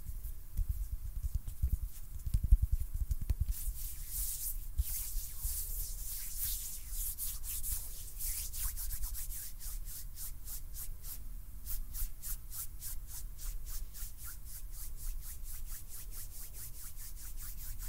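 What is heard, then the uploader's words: Hands rub and brush against each other or a surface. The first few seconds bring a few dull low thumps, then bright hissing strokes take over, settling into a fast, steady back-and-forth rhythm that continues to the end. ASMR HAND SOUNDS NO TALKING.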